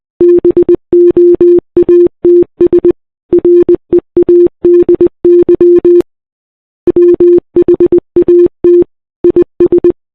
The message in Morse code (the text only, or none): BOATS READY WHAT IS